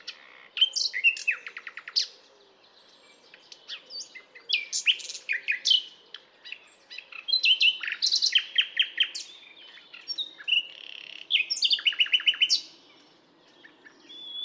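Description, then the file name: Common nightingale song with several loud phrases separated by short pauses, mixing rapid repeated clicks, downslurred whistles and rattling trills. "Luscinia megarhynchos"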